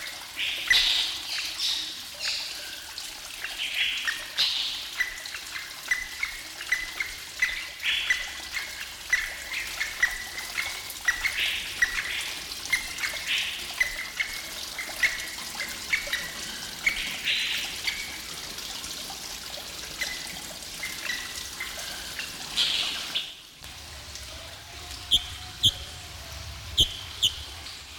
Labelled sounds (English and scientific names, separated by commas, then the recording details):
Chestnut-bellied Partridge (Arborophila javanica) call
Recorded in captivity
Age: adult
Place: Zoo Berlin, Berlin, DE
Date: 1994-01-08
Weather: wolkig bis sonnig, 6°C
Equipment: Marantz CP 430, Sennheiser MKH 416 T, Kopie Uher Variocord 263
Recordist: Tembrock, Günter